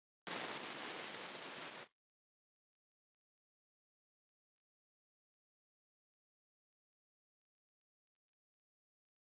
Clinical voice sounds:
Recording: short text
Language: Brazilian Portuguese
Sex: male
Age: 40 to 49 years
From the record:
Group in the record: control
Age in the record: 43 years

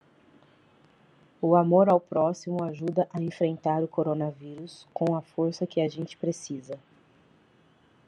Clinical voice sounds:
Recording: spoken sentence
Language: Brazilian Portuguese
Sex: female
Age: 30 to 39 years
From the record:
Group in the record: control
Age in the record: 36 years

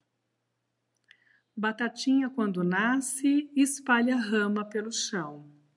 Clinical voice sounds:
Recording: short text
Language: Brazilian Portuguese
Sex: female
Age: 50 to 59 years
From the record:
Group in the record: control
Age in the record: 56 years

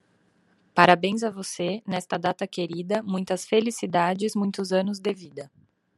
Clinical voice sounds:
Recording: short text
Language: Brazilian Portuguese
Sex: female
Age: 30 to 39 years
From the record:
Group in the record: control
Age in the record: 33 years

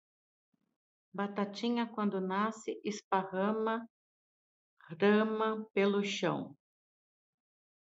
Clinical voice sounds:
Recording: short text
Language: Brazilian Portuguese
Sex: female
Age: 50 to 59 years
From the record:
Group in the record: control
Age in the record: 55 years

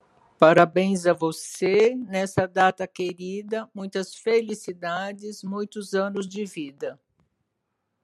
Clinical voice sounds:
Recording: short text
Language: Brazilian Portuguese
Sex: female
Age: 70 to 79 years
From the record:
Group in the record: control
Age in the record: 70 years

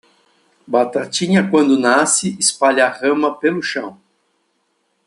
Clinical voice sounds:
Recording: short text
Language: Brazilian Portuguese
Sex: male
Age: 50 to 59 years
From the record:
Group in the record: control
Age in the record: 59 years

